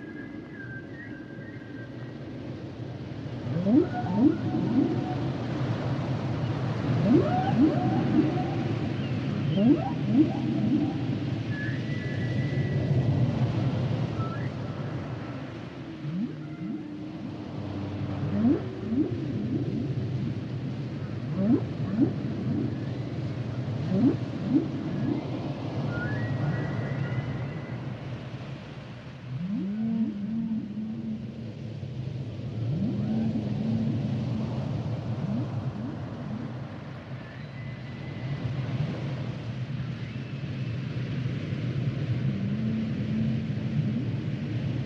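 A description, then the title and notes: Humpback whale song fills the recording with low moans, swooping upsweeps and short grunting calls, repeating in phrases every few seconds. Occasional higher whistles and squeaks rise above a constant deep underwater rumble. The songs and sounds of the humpback whale. Male humpback whales produce complex songs during the winter breeding season.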